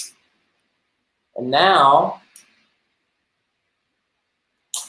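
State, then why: Seated. Someone talks briefly, then the connector of a hand pump is pressed into the valve of a blood-flow-restriction cuff, giving a sharp, loud click at 4.7 s. The connector is seated in the cuff valve.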